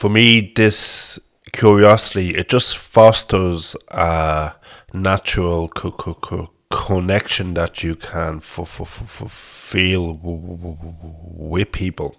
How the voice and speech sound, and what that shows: A stammering voice from Dublin, Republic of Ireland.